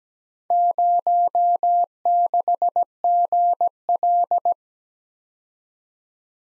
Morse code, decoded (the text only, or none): 06GL